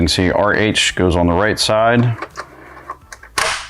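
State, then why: Seated. Someone talks while the right-hand mounting bracket of a radio dash kit for a Sony XAV-AX4000 install in a 2014–2023 Toyota 4Runner is pressed on. A few small ticks follow at about 2.9, 3.1 and 3.2 s. A sharp, loud snap at 3.4 s marks the bracket popping into place, fully seated, before it is wiggle-tested.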